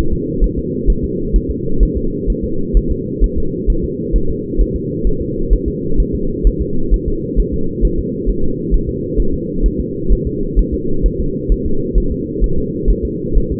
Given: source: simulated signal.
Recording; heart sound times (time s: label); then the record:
fetal heart sounds
0.13 s: S2
0.44 s: S1
0.59 s: S2
0.90 s: S1
1.04 s: S2
1.36 s: S1
1.51 s: S2
1.83 s: S1
1.97 s: S2
2.30 s: S1
2.44 s: S2
2.77 s: S1
2.91 s: S2
3.24 s: S1
3.38 s: S2
3.70 s: S1
3.84 s: S2
4.16 s: S1
4.30 s: S2
4.61 s: S1
4.76 s: S2
5.07 s: S1
5.22 s: S2
5.53 s: S1
5.68 s: S2
6.00 s: S1
6.15 s: S2
6.47 s: S1
6.61 s: S2
6.94 s: S1
7.08 s: S2
7.39 s: S1
7.54 s: S2
7.85 s: S1
7.99 s: S2
8.29 s: S1
8.44 s: S2
8.74 s: S1
8.89 s: S2
9.20 s: S1
9.34 s: S2
9.66 s: S1
9.80 s: S2
10.12 s: S1
10.27 s: S2
10.59 s: S1
10.74 s: S2
11.06 s: S1
11.20 s: S2
11.52 s: S1
11.66 s: S2
11.98 s: S1
12.12 s: S2
12.44 s: S1
12.58 s: S2
12.90 s: S1
13.05 s: S2
13.38 s: S1
13.52 s: S2
From the record:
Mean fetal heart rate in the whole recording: 130 bpm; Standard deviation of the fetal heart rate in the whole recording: 2 bpm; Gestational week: 36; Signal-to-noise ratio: -8.1 dB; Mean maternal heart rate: 72 bpm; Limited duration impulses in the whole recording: absent